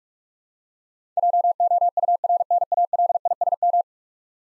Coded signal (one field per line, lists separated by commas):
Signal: Morse code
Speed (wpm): 46 wpm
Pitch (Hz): 700 Hz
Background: none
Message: JOURNALISM